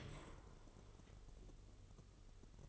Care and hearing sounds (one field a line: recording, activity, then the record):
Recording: daily activity, microphone in the room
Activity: open dishwasher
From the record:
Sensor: 4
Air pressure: 1015.8 hPa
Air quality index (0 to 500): 111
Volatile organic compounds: 2 ppm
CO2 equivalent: 1243 ppm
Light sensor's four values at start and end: 9/19/7/7 and 8/18/7/7